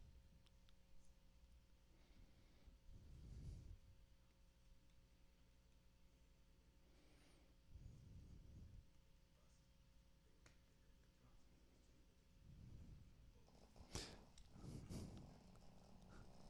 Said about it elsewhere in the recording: Also, our dogs are snoring, if you can hear them. She's really snoring. I can't wake her Momo. I'm literally trying to wake Momo up. She won't wake up. Sorry if you hear Momo snoring.